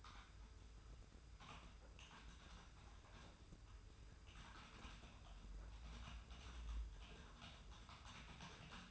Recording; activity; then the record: daily activity, microphone in the room; typing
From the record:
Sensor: 2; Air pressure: 990.8 hPa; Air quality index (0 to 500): 144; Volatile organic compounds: 297 ppm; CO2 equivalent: 4474 ppm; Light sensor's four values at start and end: 25/60/24/25 and 25/60/24/25